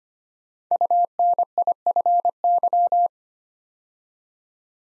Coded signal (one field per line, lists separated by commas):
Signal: Morse code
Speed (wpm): 25 wpm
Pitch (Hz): 700 Hz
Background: none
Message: UNIFY